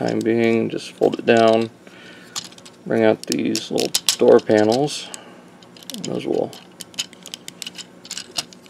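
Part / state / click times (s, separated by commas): plastic door panel into the toy robot's body / not seated / none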